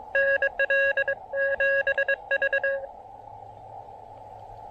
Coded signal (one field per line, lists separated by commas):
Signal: Morse code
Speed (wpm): 23 wpm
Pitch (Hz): 560 Hz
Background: none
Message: NL 7V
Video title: Portable POTA QRP DXing: Pairing the TufteIn Random Wire and Elecraft KX2 at Parc Cartier Roberval